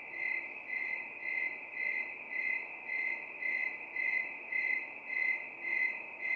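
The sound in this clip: Cricket calling with a shrill continuous trill that swells and dips in regular pulses, just under two each second.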